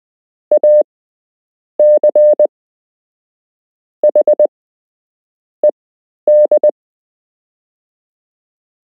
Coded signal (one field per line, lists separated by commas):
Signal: Morse code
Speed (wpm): 20 wpm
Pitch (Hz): 600 Hz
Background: none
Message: ACHED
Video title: You can learn Morse code - Part 2